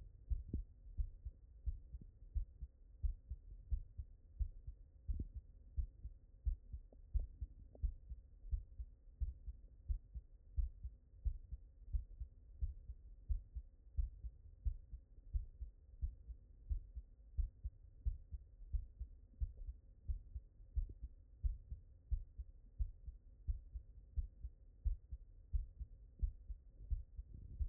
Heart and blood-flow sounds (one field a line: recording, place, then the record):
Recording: heart sounds by stethoscope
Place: mitral valve (MV)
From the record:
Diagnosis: non-HFrEF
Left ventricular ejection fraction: 61%